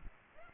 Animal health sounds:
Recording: mosquito wingbeat signal from an infrared sensor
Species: Aedes aegypti

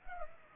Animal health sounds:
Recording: mosquito wingbeat signal from an infrared sensor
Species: Culex pipiens

